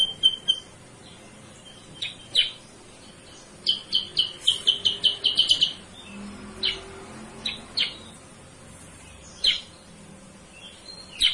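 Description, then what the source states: Sooty-headed bulbul song: scattered sharp chirps, then a quick run of clipped notes, then more spaced single notes. Masteran lure song (pancingan) used to teach song to cage birds.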